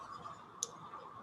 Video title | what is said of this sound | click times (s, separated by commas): Netowrks Lab #1 - SectionB | crimp it into port. There is a click sound has been come. | 0.6 s